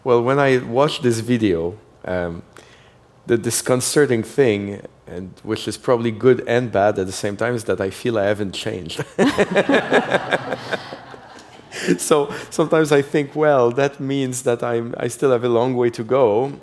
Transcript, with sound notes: Well, when I watched this video, the disconcerting thing and - which is probably good and bad at the same time - is that I feel I haven't changed.
(LAUGHTER)
So sometimes I think, well, that means that I still have a long way to go.